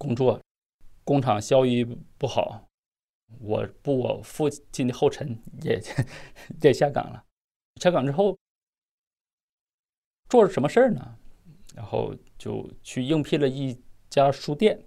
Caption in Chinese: 我口吃，我讲脱口秀。 今年三十五岁，辽宁人，目前在东北的一个三线城市讲脱口秀。 他说自己打记事以来就被口吃的问题困扰着，三十多年来想尽了办法。想要把话说得更流畅一些。